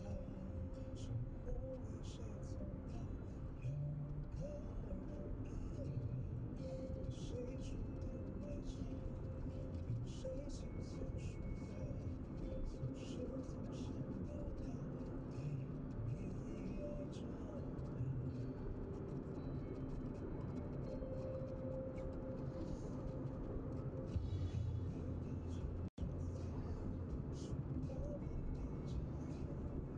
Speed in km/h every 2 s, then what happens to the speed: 72, 71, 70, 70, 70, 72, 75, 78, 84, 85, 86, 86, 85, 82, 80.
0-8 steady at about 70. 8-19 speeds up to 86.